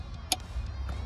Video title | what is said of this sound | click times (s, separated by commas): How to install the Best Remote Starter for USA Kia Optima | there you go make sure it clicks | 0.3 s